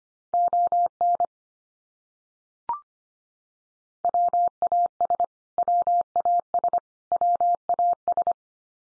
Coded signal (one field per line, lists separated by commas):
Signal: Morse code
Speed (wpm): 25 wpm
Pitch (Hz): 700 Hz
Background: none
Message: ON WAS WAS WAS